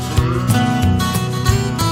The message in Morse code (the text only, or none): none